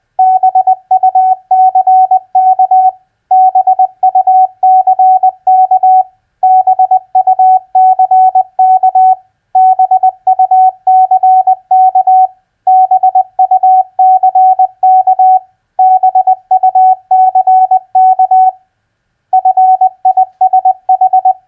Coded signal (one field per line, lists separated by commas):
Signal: Morse code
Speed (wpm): 20 wpm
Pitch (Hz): 750 Hz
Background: none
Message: BUCK BUCK BUCK BUCK BUCK BUCK FISH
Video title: Morse Code Practice Word Recognition FISH-BIRD-BUCK 20wpm Repeated